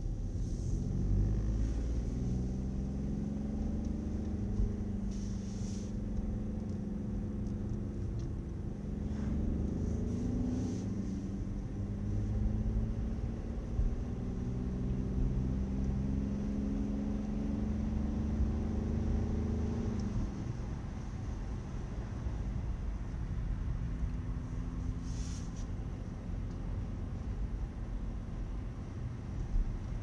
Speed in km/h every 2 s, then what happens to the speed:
44, 49, 47, 45, 55, 60, 65, 73, 82, 82, 78, 72, 71, 71, 73.
0-7 steady at about 45. 7-16 speeds up to 82. 18-22 slows to 72. 22-30 steady at about 71.